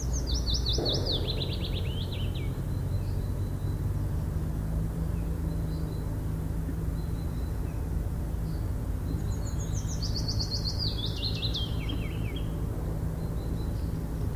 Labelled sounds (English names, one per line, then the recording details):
Willow Warbler song
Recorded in the wild
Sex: male
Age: adult
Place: Burgholz bei Tübingen, Baden-Württemberg, DE
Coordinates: 48.5039, 9.23833
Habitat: thicket
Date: 1966-04-20
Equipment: Nagra III PH, kleiner englischer Parabolspiegel, LGS26
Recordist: Schneider, Hans-Joachim